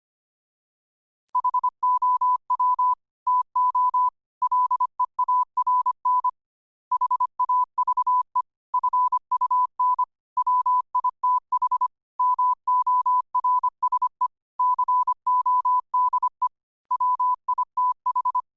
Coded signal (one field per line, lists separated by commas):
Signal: Morse code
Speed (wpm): 25 wpm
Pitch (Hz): 1000 Hz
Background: none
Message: HOW TO LEARN HAVE FUN WITH MORSE CODE WITH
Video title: Benicia Radio Club presents the Long Island CW Club with Howard - WB2UZE & Jim - W6JIM